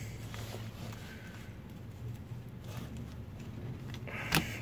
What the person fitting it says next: защелкнулся есть